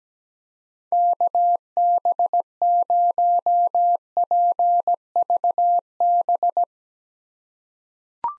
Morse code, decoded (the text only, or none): KB0PVB